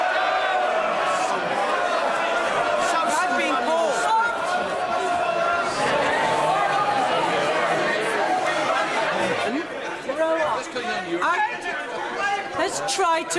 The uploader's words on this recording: House of Commons gather for an indicative vote on 8 alternative plans. This is the sound between the speeches.